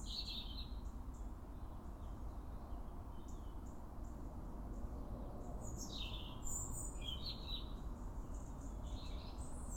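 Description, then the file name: European robin song: high phrases at the start and several more, some sliding down, in the second half, over persistent low noise. "Erithacus rubecula"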